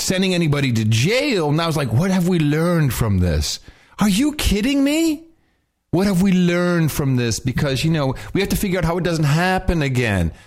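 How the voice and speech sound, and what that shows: One adult man speaks fluently in a lively, animated monologue. His voice is clear and moderately pitched, with natural rises and falls and one brief pause. Articulation and rhythm are ordinary, with no hoarseness, slurring or stuttering.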